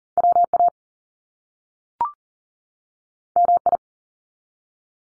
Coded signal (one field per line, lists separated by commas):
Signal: Morse code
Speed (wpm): 43 wpm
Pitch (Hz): 700 Hz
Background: none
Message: WA MI